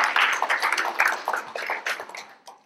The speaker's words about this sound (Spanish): Denle un aplauso fuerte al Señor ahí para que no se me vaya a dormir ninguno.